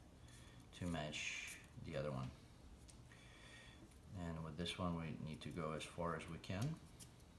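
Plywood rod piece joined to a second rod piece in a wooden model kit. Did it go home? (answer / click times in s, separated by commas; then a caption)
no / none. Someone talks while handling two laser-cut plywood rod pieces from a UGears Treasure Box Mechanical 3D Wooden Model Kit (UTG0029), pushing one into the other as far as it will go so they join into one longer rod. Faint handling sounds occur around 2.9, 3.1 and 7.2 seconds, and nothing has seated or clicked yet.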